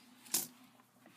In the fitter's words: and then it just snaps right in there